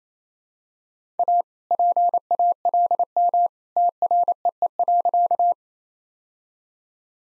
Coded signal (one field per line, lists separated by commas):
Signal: Morse code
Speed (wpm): 27 wpm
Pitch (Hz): 700 Hz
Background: none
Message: A PALM TREE.